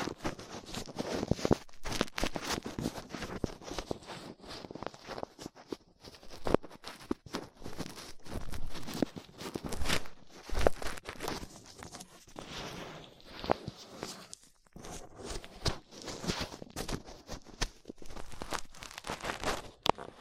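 Ear cleaning with latex gloves, a dental pick and cotton swabs: dense, irregular scratching and crinkling bursts, bright and rapid, with brief quiet gaps.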